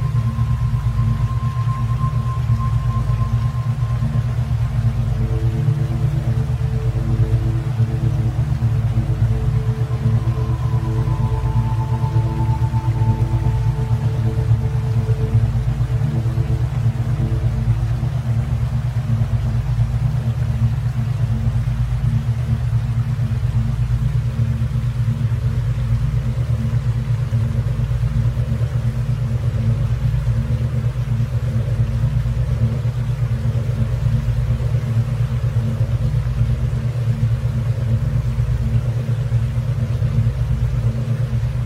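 Steady, deep droning tones hold at an unchanging level for the whole 42 seconds, with a dense low rumble underneath. Thin higher tones drift in and out during the first twenty seconds, then a soft, muffled mid-range hum carries the rest.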